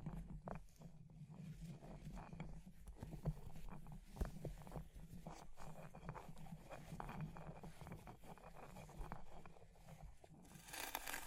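Fire crackling with a steady low rumble underneath and frequent sharp pops and snaps scattered throughout. Brief tapping and scratching sounds break in irregularly, including a louder snap near four seconds, and a bright hiss rises at the very end.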